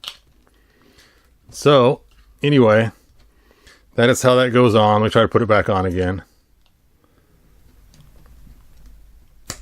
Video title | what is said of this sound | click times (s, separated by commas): 3D Printing a Multicolor Custom Minotaur Head for Gorgon - Glowing Eyes & Why PLA Silk Failed | Oh, whew. Snaps right in place. | 9.5 s